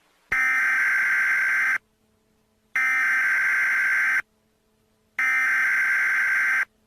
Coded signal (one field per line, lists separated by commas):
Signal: Emergency Alert System (SAME) tones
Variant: header bursts